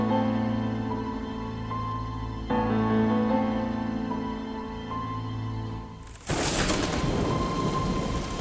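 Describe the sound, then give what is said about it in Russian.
A low, steady rumble of thunder with a droning tonal hum for several seconds, then a sudden loud wash of heavy rain hissing and pouring down outdoors at night. “На улице сильный дождь.”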